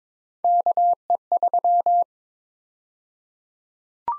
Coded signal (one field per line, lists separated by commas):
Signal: Morse code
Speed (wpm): 22 wpm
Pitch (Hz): 700 Hz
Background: none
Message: KE3